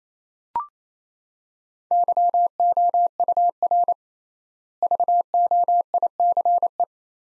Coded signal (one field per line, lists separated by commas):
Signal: Morse code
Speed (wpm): 27 wpm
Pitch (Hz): 700 Hz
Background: none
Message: YOUR VOICE